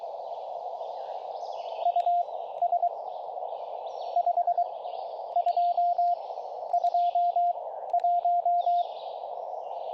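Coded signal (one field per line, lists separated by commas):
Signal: Morse code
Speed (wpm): 22 wpm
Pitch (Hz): 690 Hz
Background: none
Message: US 5221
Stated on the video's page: CW POTA activation on 40m using a borrowed TR-35 radio keyed with Palm Pico iambic paddles; bands better than previous attempt.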